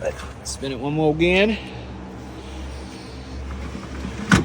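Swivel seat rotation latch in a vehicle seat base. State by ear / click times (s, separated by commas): seated / 4.3 s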